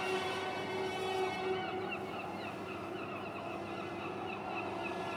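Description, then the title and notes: Gull calls, faint wavering notes repeated over a constant droning hum and low rumble, with faint metallic tones. Gulls at Quai Thurot, Boulogne-sur-Mer, France, with wind, a metal structure and rattling of pleasure boats. "Quai Thurot, Boulogne-sur-Mer, France - Mouettes. Prise de sons : JF CAVRO"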